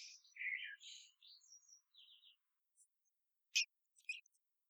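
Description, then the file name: Blackbird singing a mellow warbled phrase that trails into thin high twitters, followed by a sharp squeaky note and a few faint chirps. "Turdus merula"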